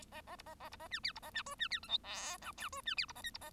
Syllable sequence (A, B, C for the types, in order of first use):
A A B A A B A C D B A C E C D F G H I J E C D B A K B A